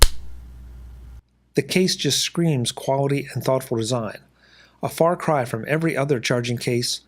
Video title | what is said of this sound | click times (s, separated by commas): MacVoices #17193: Briefing - The Apple AirPods | tightly fitting lid that magnetically drops into place with a satisfying snap the | 0.0 s